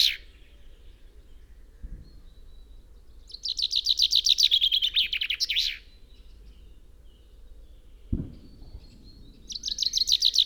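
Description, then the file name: Common chaffinch delivering a cheerful descending trill with a flourish at the end, then starting another phrase; two brief knocking thumps sound, one before the trill and one after it. "Fringilla coelebs"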